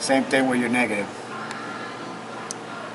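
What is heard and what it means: A man talks over a faint steady hum as the crimped terminal of the negative wire is slid into the plastic connector housing of the fog light and daytime running light wiring harness on a 2013-2017 Toyota RAV4. A short sharp click at 2.5 s marks the terminal seating all the way in, ready for a tug test.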